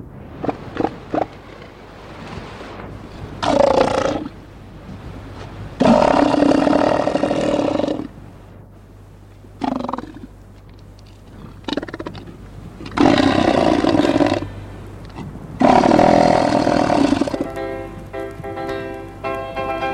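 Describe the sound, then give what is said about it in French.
Deep, guttural roars from elephant seals on a beach come in several long bursts separated by short pauses, rough and throaty, rising loud over a steady low background rumble. “Nous allons quitter cette plage, nous allons quitter ces éléphants de mer, ces énormes bêtes préhistoriques, qui rappellent un petit peu l'époque préhistorique”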